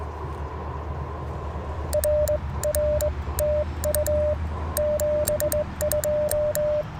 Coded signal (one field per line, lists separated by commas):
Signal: Morse code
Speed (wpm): 19 wpm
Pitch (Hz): 600 Hz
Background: radio noise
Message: RR TU 72